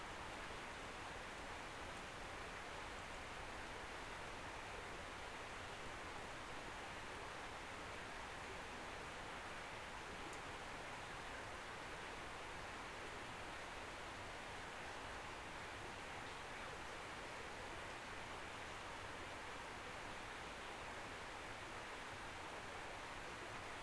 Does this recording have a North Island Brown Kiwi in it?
no